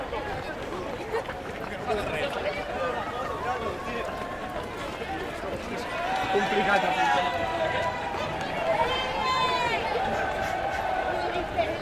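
People gather outdoors for games, their overlapping voices forming a steady chatter that grows louder and livelier after the midpoint.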